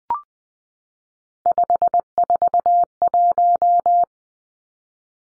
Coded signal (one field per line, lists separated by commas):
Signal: Morse code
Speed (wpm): 20 wpm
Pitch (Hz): 700 Hz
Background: none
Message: 541